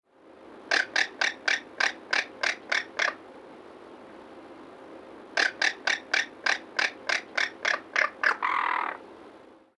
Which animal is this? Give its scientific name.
Caracara plancus